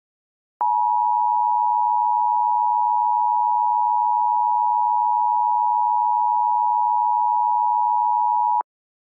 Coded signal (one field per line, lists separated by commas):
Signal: Emergency Alert System (SAME) tones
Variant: 853 and 960 Hz attention tone